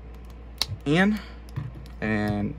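On a Transformers Legacy Voyager Class Blaster & Eject transforming action figure, the plastic arm piece on the other side is hinged down and tapped into the torso, with a sharp snap at 0.6 s. Someone talks before and after the snap. The arm piece is seated in place.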